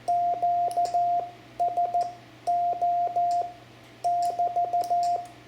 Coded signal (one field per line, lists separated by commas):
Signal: Morse code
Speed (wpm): 14 wpm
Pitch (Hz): 700 Hz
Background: radio noise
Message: QSO <BT>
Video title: CW Calling CQ and a basic QSO (Lesson 12) Example for a new ham, amateur radio Morse Code